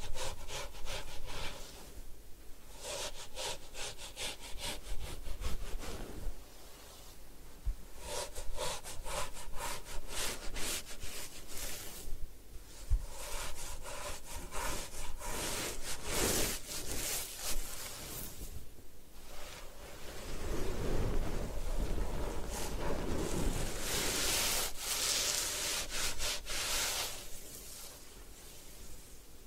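Hair washing and scalp massage fill the clip with dense, scratchy rubbing that comes in repeated strokes, some quick and some drawn out. Short breaks recur around 2, 12 and 19 seconds, and a brighter, hissing wash of sound builds between 20 and 27 seconds.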